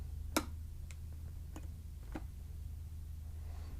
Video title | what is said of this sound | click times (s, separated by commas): Arriflex SR3 | it's locked into place | 0.4 s